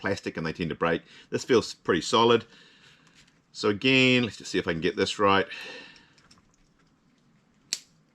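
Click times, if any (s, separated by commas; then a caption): 7.7 s. Someone talks while a Magicshine MJ-906S bike light's plastic action-camera-style mount is pushed into the mount under a full-face helmet's visor. A sharp, loud click at 7.7 s marks the light mount seating in place.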